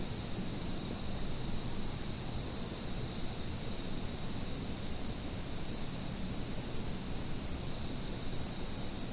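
Autumn insects: continuous high trill with clusters of brief sharp chirps repeating in short bouts throughout.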